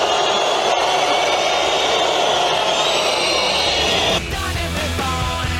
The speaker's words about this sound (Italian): Fischi su Librandi.